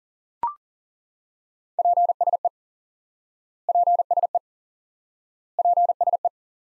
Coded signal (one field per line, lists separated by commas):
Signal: Morse code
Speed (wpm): 40 wpm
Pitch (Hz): 700 Hz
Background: none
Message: PSE PSE PSE